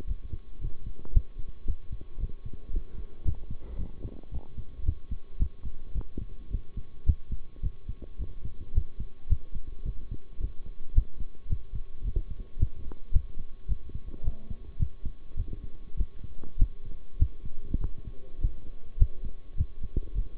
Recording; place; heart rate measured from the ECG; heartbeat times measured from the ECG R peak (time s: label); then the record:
heart sounds by stethoscope; between the tricuspid and mitral areas; 108 bpm
0.06 s: heartbeat
0.60 s: heartbeat
1.13 s: heartbeat
1.66 s: heartbeat
2.19 s: heartbeat
2.72 s: heartbeat
3.24 s: heartbeat
3.78 s: heartbeat
4.31 s: heartbeat
4.85 s: heartbeat
5.39 s: heartbeat
5.94 s: heartbeat
6.50 s: heartbeat
7.06 s: heartbeat
7.62 s: heartbeat
8.18 s: heartbeat
8.74 s: heartbeat
9.29 s: heartbeat
9.85 s: heartbeat
10.40 s: heartbeat
10.94 s: heartbeat
11.49 s: heartbeat
12.04 s: heartbeat
12.58 s: heartbeat
13.13 s: heartbeat
13.68 s: heartbeat
14.23 s: heartbeat
14.79 s: heartbeat
15.36 s: heartbeat
15.96 s: heartbeat
16.58 s: heartbeat
17.19 s: heartbeat
17.80 s: heartbeat
18.40 s: heartbeat
18.99 s: heartbeat
19.57 s: heartbeat
20.14 s: heartbeat
From the record:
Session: bicycle stress test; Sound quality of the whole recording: good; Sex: male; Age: 23 years